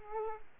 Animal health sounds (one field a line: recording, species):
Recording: mosquito wingbeat signal from an infrared sensor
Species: Culex pipiens